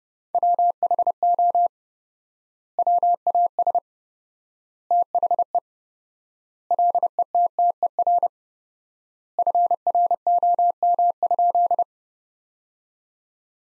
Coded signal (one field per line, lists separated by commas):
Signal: Morse code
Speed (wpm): 30 wpm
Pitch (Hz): 700 Hz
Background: none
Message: WHO WAS THE LETTER FROM?